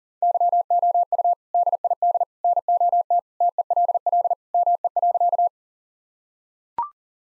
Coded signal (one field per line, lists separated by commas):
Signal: Morse code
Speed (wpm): 40 wpm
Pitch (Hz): 700 Hz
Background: none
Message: YOU DID NOT TELL ME.